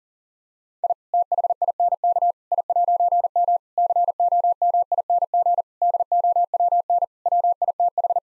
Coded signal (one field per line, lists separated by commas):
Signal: Morse code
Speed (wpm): 40 wpm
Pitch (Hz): 700 Hz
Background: none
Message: I THINK I'M COMING DOWN WITH